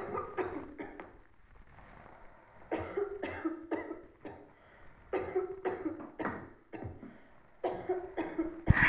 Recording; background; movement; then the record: deep breathing; a bystander coughing; sitting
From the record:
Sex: female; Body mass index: 18.3 kg/m2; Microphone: on the chest, facing the body